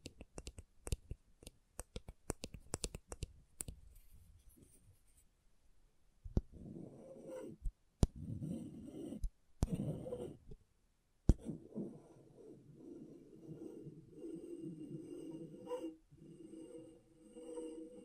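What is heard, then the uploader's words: Scratchboard work: quick irregular taps and clicks for five seconds, then longer rasping scratch strokes with brief pauses and a sharp tap near eleven seconds. ASMR Brain Tingling Scratchboard (No Talking).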